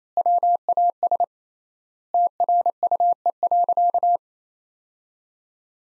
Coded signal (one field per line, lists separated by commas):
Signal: Morse code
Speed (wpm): 28 wpm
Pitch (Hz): 700 Hz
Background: none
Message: WAS TRUE.